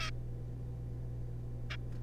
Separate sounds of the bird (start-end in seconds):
0.01-0.10, 1.70-1.76